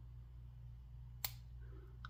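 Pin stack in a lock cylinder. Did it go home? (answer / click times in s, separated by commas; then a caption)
yes / 1.3 s. Pin 1 in a lock cylinder is lifted and sets with a small click at 1.2 s, over a steady low hum. A fainter tick follows near 2.0 s. The pin is seated.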